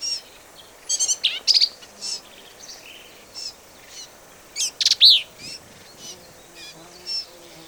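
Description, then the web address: Black-capped vireo song: emphatic bursts of rattling and sweeping high notes, a loud slurred phrase near the middle, then softer scattered notes. "birds vireos"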